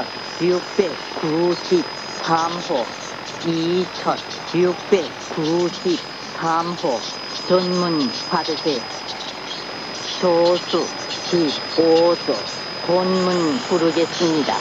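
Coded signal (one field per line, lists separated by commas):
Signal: numbers station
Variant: Korean, V24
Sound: a voice reads Korean numbers in short, evenly spaced words through steady hiss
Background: radio static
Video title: 5900kHz V24 Korean numbers station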